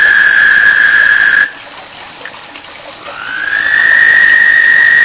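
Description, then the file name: Toad's high, sustained trill stops abruptly, leaving a quiet gap of about a second and a half before another trill slides up and holds steady. Recorded 1 May 2007. "20070501 batesline toads"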